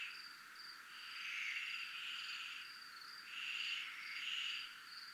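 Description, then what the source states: High pulsed cricket trills with two long, rough buzzing swells, one early and one late. Recorded at a zona militar (military zone).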